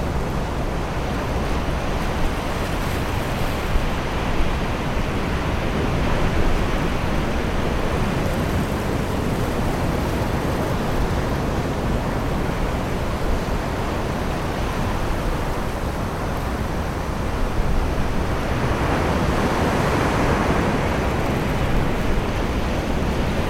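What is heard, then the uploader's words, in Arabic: A summer shore in England, filled with a dense, steady wash of surf that never lets up. The roar is even and full from low rumble to soft hiss, with a slight swell in brightness around twenty seconds as a wave breaks. سكينة الصيف على شاطئ إنجلترا.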